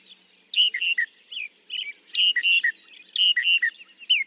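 Northern mockingbird song: short whistled phrase of three clear notes, repeated three times with brief varied notes between.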